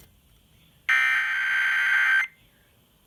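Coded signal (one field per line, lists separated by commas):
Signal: Emergency Alert System (SAME) tones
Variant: header bursts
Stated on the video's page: Severe thunderstorm warning relayed via NOAA and an FM radio station at 105.7.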